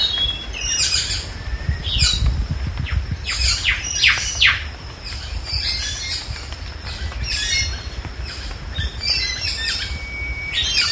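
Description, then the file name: Lorikeet chatter, rapid harsh screeches and squeaky notes in uneven bursts, continuing steadily with a low rumble underneath. "Лори -Лорикет -Попугай -Голоса-птиц"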